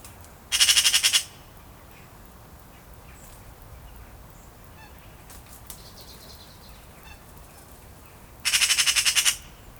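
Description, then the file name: Eurasian magpie making two harsh rattling chatters about eight seconds apart, each a rapid string of dry pulses, with faint scattered sounds in between. "Pica pica"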